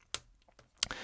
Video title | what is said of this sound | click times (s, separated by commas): Retter 22 4K Watch Review | snapshot with a nice positive click | 0.1 s, 0.8 s